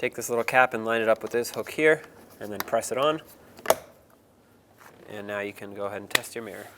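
A small plastic trim cap is lined up with a hook and pressed onto the inner door mirror mount of a 2002-06 Toyota Camry, while someone talks before and after. A sharp, short snap at 3.7 s shows the cap seating on the mount.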